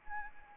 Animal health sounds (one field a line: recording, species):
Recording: mosquito wingbeat signal from an infrared sensor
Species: Anopheles arabiensis